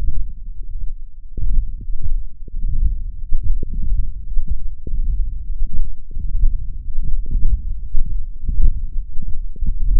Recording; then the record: forearm muscle sounds (acoustic myography)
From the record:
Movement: hand closing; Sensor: system 1, eight BSWA MPA416 microphones around the upper forearm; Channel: 8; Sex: male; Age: 21 years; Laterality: right